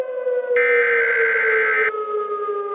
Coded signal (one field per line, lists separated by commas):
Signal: Emergency Alert System (SAME) tones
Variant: header bursts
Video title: *VALID TONES* Hellmo (EAS Scenario)